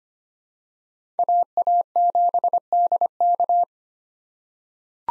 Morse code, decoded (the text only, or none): AA7DK